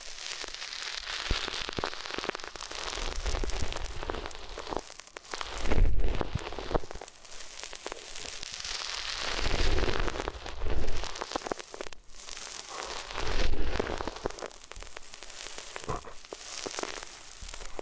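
Rubbing ears against various materials makes dense scratchy crackling and rustling, with louder low rumbling swells near 6, 10, 11 and 13 seconds.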